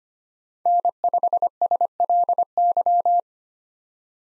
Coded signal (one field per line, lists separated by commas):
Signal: Morse code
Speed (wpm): 25 wpm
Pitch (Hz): 700 Hz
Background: none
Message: N5SLY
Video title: 2023 POTA Hunter Call Signs - 25wpm